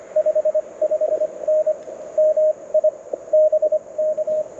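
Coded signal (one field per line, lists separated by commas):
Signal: Morse code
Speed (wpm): 22 wpm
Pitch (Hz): 590 Hz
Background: radio noise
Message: 55N MI BK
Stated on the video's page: QRP CW Parks on the Air activation at sunrise using a Mountain Topper MTR4B V2, Chelegance MC-750 antenna and BaMaKeY TP-III paddles.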